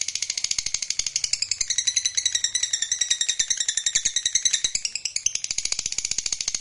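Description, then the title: Lovebird pouring out a fast, continuous, buzzy rattling chatter, high-pitched and unbroken throughout, with many notes per second. Meant to prompt a lazy, quiet lovebird into singing spontaneously and eagerly. "LOVEBIRD Malas Bunyi JADI GREGET SPONTAN Langsung NARIK"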